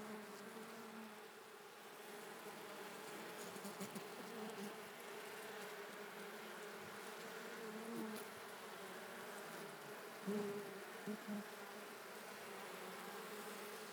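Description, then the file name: Bee buzzing: a faint, steady low hum with wavering tones over a constant background hiss. "vcela"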